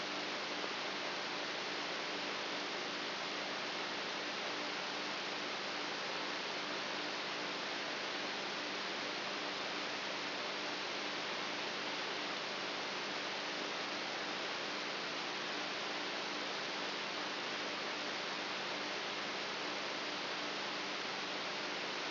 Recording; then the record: brain microelectrode recording played as sound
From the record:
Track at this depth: outside the subthalamic nucleus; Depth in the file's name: 8.3 mm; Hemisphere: right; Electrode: 3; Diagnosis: Parkinson's disease